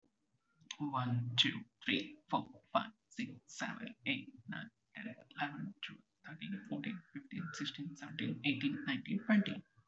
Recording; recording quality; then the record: counting at a normal pace; excellent, no background noise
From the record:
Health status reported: healthy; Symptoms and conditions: cold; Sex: male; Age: 26 years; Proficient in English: yes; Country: India